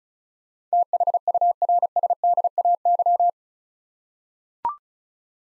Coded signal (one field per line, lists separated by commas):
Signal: Morse code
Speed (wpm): 34 wpm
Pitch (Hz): 700 Hz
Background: none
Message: THURSDAY